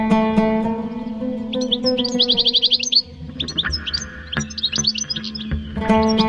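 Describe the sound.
European goldfinch song: rapid tinkling twitters and short, bright trills, with a steady low humming tone at the start and end.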